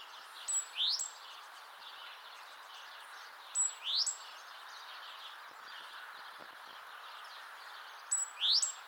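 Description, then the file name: Great tit calls, three times, a brief high thin note then a steep rising slur, over light background noise. "Parus major"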